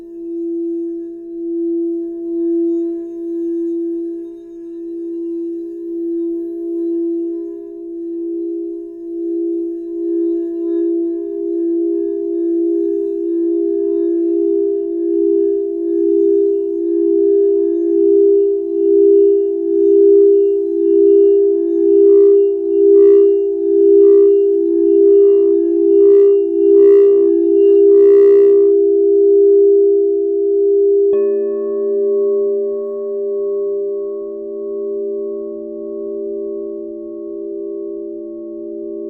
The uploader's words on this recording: I was guided to record 7 crystal singing bowl clips to each represents one of 7 sacred flames AKA 7 sacred rays.